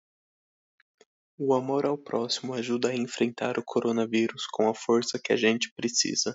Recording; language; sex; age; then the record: spoken sentence; Brazilian Portuguese; male; 20 to 29 years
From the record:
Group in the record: control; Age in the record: 22 years